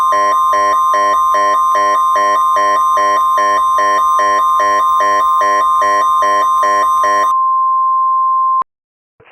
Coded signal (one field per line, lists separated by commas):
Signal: Emergency Alert System (SAME) tones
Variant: 1050 Hz attention tone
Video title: Mortal Kombat An EAS Scenario